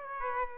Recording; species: mosquito wingbeat signal from an infrared sensor; Aedes aegypti